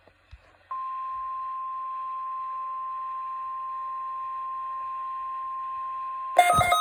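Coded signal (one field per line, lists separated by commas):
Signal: Emergency Alert System (SAME) tones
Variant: 1050 Hz attention tone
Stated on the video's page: Required Weekly Test recorded off weather radio station.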